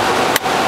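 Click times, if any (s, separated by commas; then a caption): 0.4 s. During a one-to-two-CPU upgrade of an HP DL360 G5 1U rack server, a part of the second processor assembly is pressed into the motherboard socket over a steady broadband background hum. A single sharp snap is heard at 0.4 s, and the part seats in place.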